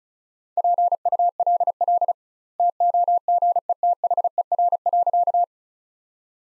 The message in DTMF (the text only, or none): none